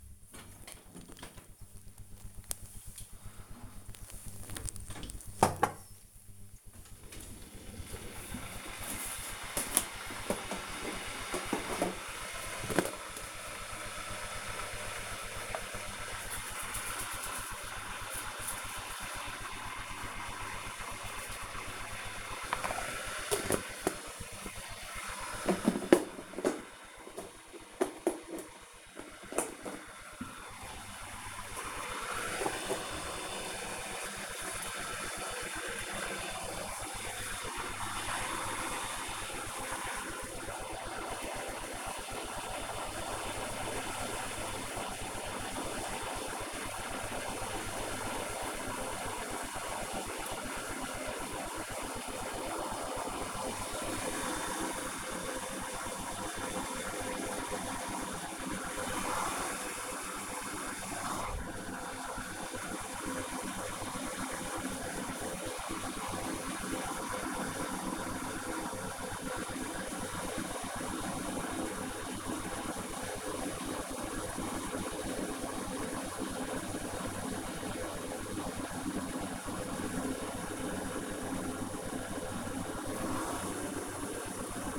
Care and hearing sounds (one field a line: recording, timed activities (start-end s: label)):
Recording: household activities, microphone on the right wrist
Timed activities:
0.00-84.79 s: making tea